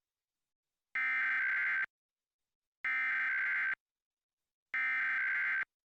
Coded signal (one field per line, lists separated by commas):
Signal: Emergency Alert System (SAME) tones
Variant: header bursts